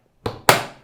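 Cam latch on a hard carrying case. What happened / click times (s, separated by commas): The case latch snapped shut / 0.3 s, 0.5 s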